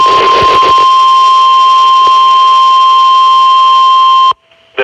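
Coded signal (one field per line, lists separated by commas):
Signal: Emergency Alert System (SAME) tones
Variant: 1050 Hz attention tone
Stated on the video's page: Special Marine Warning, from New Jersey.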